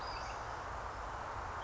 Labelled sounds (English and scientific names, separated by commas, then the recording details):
Western Flycatcher (Empidonax difficilis)
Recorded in Sonoma County, California